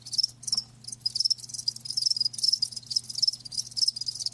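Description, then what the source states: Shrill cricket trills sound in uneven, closely spaced bursts, with a low hum in the background. Live crickets chirping, a lulling song.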